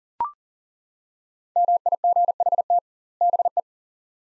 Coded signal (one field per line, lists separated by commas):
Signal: Morse code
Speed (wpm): 40 wpm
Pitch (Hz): 700 Hz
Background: none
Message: MIGHT BE